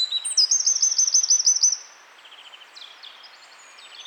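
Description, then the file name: Eurasian wren delivering a loud, high, fast trill that stops suddenly, followed by quieter twittering phrases. "Troglodytes troglodytes"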